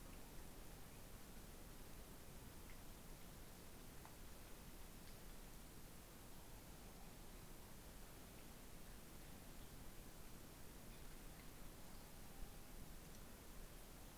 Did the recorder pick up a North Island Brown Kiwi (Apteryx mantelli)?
no